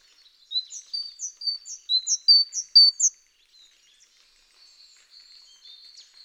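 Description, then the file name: Great tit giving a brisk series of high two-part notes, alternating upper and lower pitches several times, followed by faint softer notes. "Parus major"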